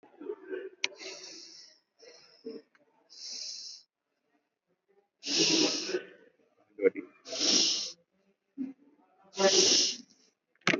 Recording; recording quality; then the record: deep breathing; moderate, slight background noise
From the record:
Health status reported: COVID-19 positive, mild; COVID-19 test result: positive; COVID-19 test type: RT-PCR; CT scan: not taken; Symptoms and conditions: fatigue, muscle pain, diarrhoea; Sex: male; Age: 37 years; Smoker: no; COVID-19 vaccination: both doses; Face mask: worn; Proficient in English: yes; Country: India